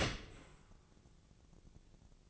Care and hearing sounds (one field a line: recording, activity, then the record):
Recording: daily activity, microphone in the room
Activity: open dishwasher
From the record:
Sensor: 4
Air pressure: 1001.3 hPa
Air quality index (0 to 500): 178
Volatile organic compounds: 2 ppm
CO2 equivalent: 1273 ppm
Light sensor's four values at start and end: 11/26/11/11 and 11/26/11/11